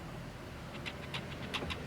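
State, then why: Not seated. A return fuel line quick-connect fitting is handled at its fuel cooler/line pipe under a Golf TDI Mk5 during a fuel cooler and fuel line replacement. Soft scraping and rubbing bursts sit over a steady low rumble, growing busier from about 0.8 to 1.7 seconds. The connector has not clicked or seated yet.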